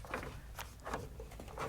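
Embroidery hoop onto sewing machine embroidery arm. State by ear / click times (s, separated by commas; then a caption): not seated / none. A plastic embroidery hoop is being put back onto the embroidery arm of a Husqvarna Viking Designer Brilliance 80 sewing machine. Soft handling knocks are heard, with sharper ones around 0.1 and 0.9 seconds. The hoop has not latched or clicked into place yet.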